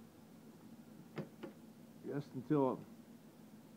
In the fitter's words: locks you can feel it click it's locked okay